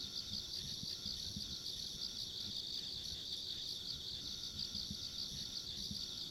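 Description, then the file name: Insects in a constant shrill trilling chorus, beaded pulses running without pause, with soft low thumps and rumble below. Ambient insect sounds along a rural country road. "田舎道の虫の環境音"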